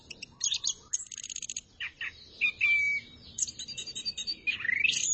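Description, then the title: Thrush song, a varied run of high chirps, short buzzy trills and a few clear slurred whistles, broken by brief pauses. "burung anis x"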